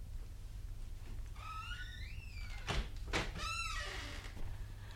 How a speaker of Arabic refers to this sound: فتح الباب ودخلت بنزهير بعد أن صرفت الوزير، وأقبلت على عنبر عند إذن.